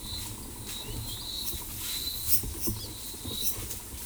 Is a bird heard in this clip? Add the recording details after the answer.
no. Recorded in forest near Pivijay, Magdalena, Colombia, on 13 April 2023 at 13:00. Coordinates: 10.467, -74.380. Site Z5-G034